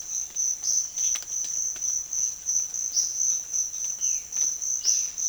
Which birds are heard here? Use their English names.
Violaceous Jay